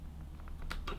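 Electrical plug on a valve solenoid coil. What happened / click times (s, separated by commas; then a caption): The plug unclipped from the coil / 0.7 s. Small locking tabs hidden under heat shrink are pressed in to release an electrical plug from a valve solenoid coil. A few faint plastic ticks come first, then a sharp click at 0.7 s and a second, duller knock around 0.9 s. The connector unclips and comes free from the coil.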